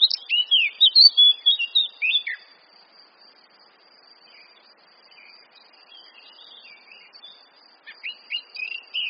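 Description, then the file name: Eurasian blackcap song: a fast, rich warbled phrase of chirps and whistles, followed by soft, faint notes and a brief renewed burst at the end. "Sylvia atricapilla"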